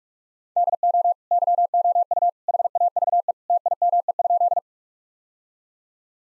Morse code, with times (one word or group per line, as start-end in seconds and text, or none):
0.6-1.1 DO
1.3-2.3 YOU
2.5-3.3 HAVE
3.5-4.6 TIME?